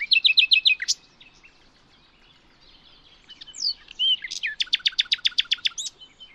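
Bird song opening with a quick run of repeated high notes, a lull, then slurred whistles leading into a rapid, evenly repeated trill of sharp notes.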